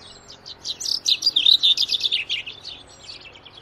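Common chaffinch song: a bright, rapid descending series of chirpy notes lasting about two seconds, fading into softer twitters at the end.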